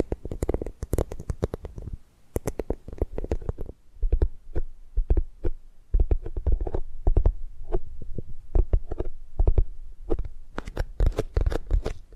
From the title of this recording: Tapping and Gripping Sounds